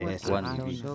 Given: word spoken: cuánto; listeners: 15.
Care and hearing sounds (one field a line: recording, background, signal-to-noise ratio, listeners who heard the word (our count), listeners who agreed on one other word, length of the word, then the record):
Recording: one Spanish word in noise, from a listening test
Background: four-talker babble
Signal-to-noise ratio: 0.9 dB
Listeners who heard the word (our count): 0 of 15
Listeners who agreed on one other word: 11 of 15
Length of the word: 0.55 s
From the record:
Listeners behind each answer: 11, 1, 1, 1, 1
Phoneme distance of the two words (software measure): 7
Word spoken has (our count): 2 syllables, 6 phonemes, stress on syllable 1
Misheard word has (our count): 2 syllables, 7 phonemes, stress on syllable 1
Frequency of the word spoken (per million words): 40.26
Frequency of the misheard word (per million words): 32.15